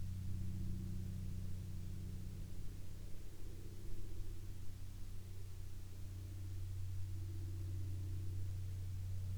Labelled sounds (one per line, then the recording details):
man-made sound
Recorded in the Arctic National Wildlife Refuge, Alaska, on 14 May 2021 at 12:42
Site 46